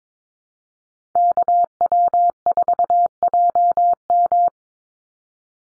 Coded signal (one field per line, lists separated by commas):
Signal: Morse code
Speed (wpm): 22 wpm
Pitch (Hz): 700 Hz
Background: none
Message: KW4JM